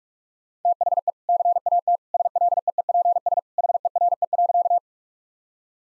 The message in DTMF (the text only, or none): none